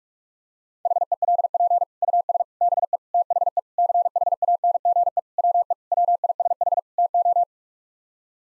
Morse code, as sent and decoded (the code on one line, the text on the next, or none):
.... . .-.. .--. / ..- ... / -... . / - .... . / -.-. .... .- -. --. . / .-- . / .-- .. ... .... / - ---
HELP US BE THE CHANGE WE WISH TO